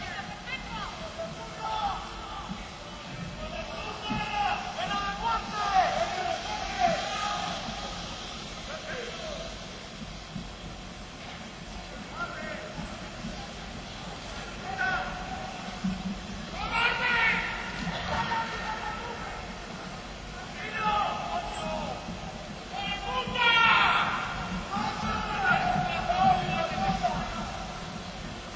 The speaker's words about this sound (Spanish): El colegiado del partido acaba de indicar que durante 60 segundos Puente Leira y todo el Bernabéu guardaremos silencio.